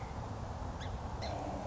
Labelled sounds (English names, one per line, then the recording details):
Song Sparrow
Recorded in Sonoma County, California